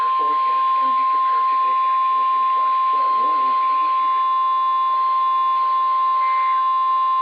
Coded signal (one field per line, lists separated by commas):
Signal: Emergency Alert System (SAME) tones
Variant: 1050 Hz attention tone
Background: speech